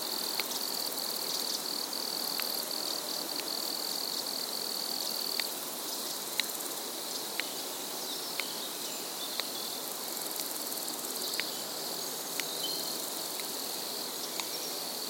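Woodland soundscape with a steady high insect-like buzz and sharp regular ticks about once a second, like a clock, over a soft hiss.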